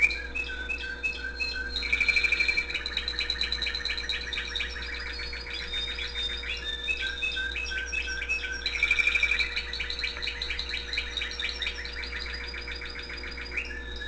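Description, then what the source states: Canary delivering long rapid trills and rattling phrases with occasional bright held notes, almost without pause, over a steady low hum. The owner's own canary, recorded singing with background music playing.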